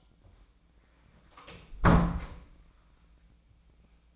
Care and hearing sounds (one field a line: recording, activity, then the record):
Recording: daily activity, microphone in the room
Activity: close door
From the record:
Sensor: 1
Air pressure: 1009.3 hPa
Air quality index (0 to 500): 184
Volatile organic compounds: 4 ppm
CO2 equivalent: 1542 ppm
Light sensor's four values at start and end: 42/111/46/54 and 41/110/45/54